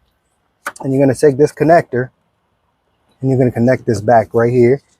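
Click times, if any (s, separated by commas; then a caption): none. A person talks while handling a wiring harness connector near its socket in the engine bay of a 2003–2017 BMW X3 (E83) during an install of Sylvania H7 LED Powersport bulbs. Only speech is heard, in two bursts with a pause between. The connector has not seated or clicked in yet.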